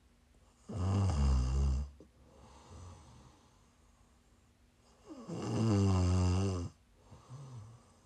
ASMR. Please enjoy some prime ASMR snoring 💛 You can listen to sleep, to relax, to wind down, whatever you want.